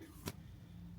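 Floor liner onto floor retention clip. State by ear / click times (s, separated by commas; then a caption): seated / 0.3 s. A molded LASFIT floor liner for a 2023-2025 Colorado/Canyon is worked back onto its factory retention clip in the footwell, a cumbersome job to snap back in. One sharp snap at 0.3 s cuts through a steady low hum as the liner seats on the clip.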